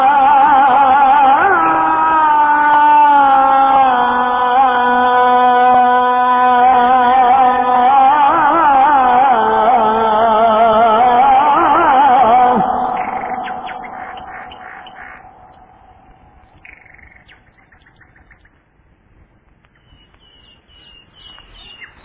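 The dawn call to prayer is sung by a single voice in long, held, ornamented phrases that waver and bend in pitch. It stays loud and unbroken for about twelve seconds, then fades away, leaving faint, scattered bird chirps toward the end.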